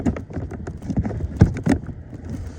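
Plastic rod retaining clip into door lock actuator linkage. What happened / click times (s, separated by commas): The clip is being handled and has not yet seated / none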